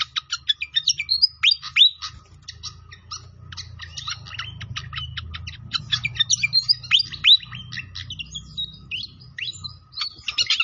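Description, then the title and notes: Pied fantail song, a fast busy chatter of sharp clicks and squeaky high notes with brief upslurred whistles, over a faint low rumble. Masteran training recording of clear-voiced singing, mixed with the sound of flowing water. "Masteran Sikatan Kipas Suara Jernih Dan Suara Gemericik Air. Suara Burung Sikatan Londo"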